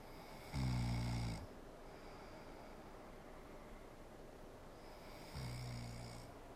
Woman snoring.